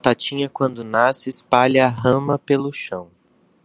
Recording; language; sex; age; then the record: short text; Brazilian Portuguese; male; 20 to 29 years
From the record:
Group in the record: control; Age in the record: 25 years